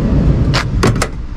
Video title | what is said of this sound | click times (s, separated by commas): MERCEDES BENZ ? FORCE URBANIA 17 SEAT MALAYALAM DETAILED REVIEW - വണ്ടി കൊള്ളാമോ! - Hashir kalodi 🏁 | അവിടെ lock ആയി നിൽക്കും കേട്ടോ | 0.8 s